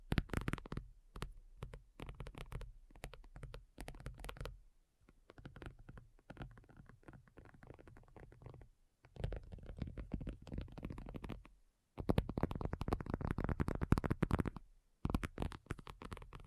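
Dense, rapid tapping and scratching clusters in bursts, quieter stretches around five to nine seconds, then loud fast tapping from twelve seconds.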